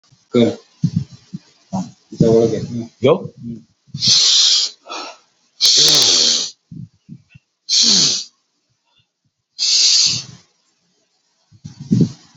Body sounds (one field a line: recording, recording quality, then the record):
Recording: deep breathing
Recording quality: excellent, no background noise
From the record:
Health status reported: healthy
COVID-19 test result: negative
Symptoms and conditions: none ticked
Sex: male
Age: 53 years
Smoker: not ticked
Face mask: not worn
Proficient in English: yes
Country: India